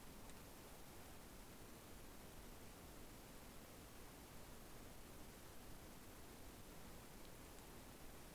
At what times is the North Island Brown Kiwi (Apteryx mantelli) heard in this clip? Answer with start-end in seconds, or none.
none